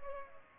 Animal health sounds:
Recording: mosquito wingbeat signal from an infrared sensor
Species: Culex pipiens

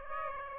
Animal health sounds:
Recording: mosquito wingbeat signal from an infrared sensor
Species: Aedes aegypti

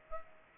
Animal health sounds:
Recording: mosquito wingbeat signal from an infrared sensor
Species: Aedes aegypti

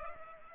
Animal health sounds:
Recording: mosquito wingbeat signal from an infrared sensor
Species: Culex pipiens

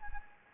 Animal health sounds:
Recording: mosquito wingbeat signal from an infrared sensor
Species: Anopheles gambiae

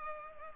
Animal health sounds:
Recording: mosquito wingbeat signal from an infrared sensor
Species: Culex pipiens

